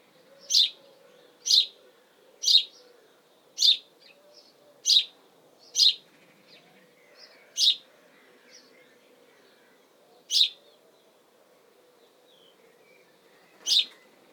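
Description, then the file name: House sparrow giving single sharp chirps, about one each second at first, then spaced by longer gaps, with a faint low hum underneath. Chirping calls in spring, Suffolk, UK. "House-Sparrow UKSuffolk Spring Calls Chirp"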